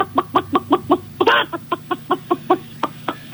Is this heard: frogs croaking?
no